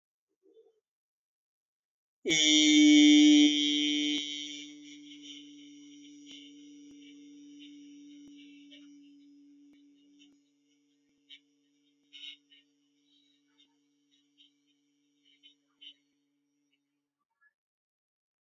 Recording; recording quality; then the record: sustained vowel as in beet; excellent, no background noise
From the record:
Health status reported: healthy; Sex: male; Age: 25 years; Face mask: not worn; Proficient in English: yes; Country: India